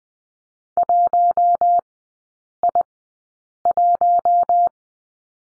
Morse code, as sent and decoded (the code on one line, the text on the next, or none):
.---- .. .----
1I1